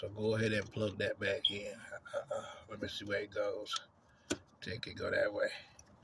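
A wiring harness plug is handled and lined up with the plastic connector housing on the alternator of a 2016 Kia Sorento (2010-2016 model range) during alternator installation. Someone talks over faint handling and rubbing sounds. Nothing has seated or clicked yet when the clip ends.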